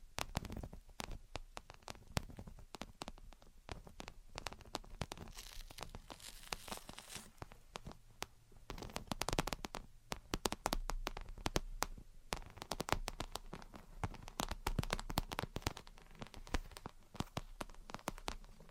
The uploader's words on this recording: Gentle Tapping and Scratching. (No Talking).